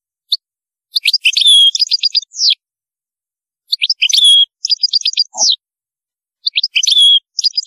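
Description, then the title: European goldfinch song in bursts about every three seconds, each a lively jumble of high twitters, liquid slurred notes and quick chirps. "Chant Chardonneret"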